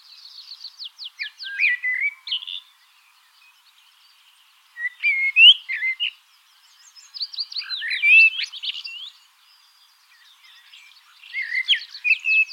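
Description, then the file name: Common blackbird song in separate phrases every few seconds, mixing mellow whistled notes with thin, scratchy high flourishes of quick repeated strokes. "Turdus merula"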